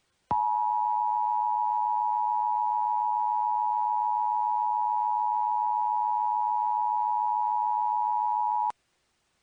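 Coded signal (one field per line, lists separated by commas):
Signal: Emergency Alert System (SAME) tones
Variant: 853 and 960 Hz attention tone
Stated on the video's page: Fictional alert scenario; tones may or may not be valid.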